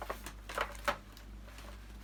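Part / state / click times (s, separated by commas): power head attachment into vacuum cleaner handle / not seated / none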